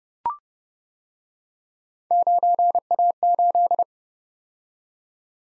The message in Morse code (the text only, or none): 9A8